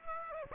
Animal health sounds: mosquito wingbeat signal from an infrared sensor; Aedes aegypti

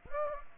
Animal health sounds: mosquito wingbeat signal from an infrared sensor; Aedes aegypti

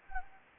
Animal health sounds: mosquito wingbeat signal from an infrared sensor; Anopheles gambiae

